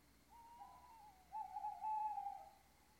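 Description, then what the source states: Owl hoot: a long, wavering whistled tone held for about two seconds, growing louder toward its end, over a quiet background. Owls (chouettes) recorded at Ker Anna.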